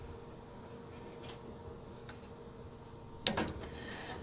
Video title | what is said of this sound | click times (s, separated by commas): GE Dryer Natural Gas to Propane/Liquid Propane Conversion in less than 30 minutes, Easy! | Then you snap that into place as well. | 3.3 s